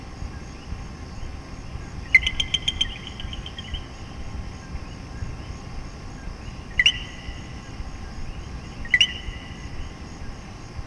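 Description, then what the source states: Common coquí frogs giving sharp two-part rising chirps, once followed by a quick rattling pulse train, then two more single calls a couple of seconds apart, with constant background hiss. Several coquíes recorded in Puerto Rico.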